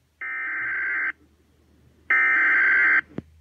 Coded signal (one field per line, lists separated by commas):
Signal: Emergency Alert System (SAME) tones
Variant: header bursts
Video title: (EAS #25) Flash Freeze Warning 1-20-19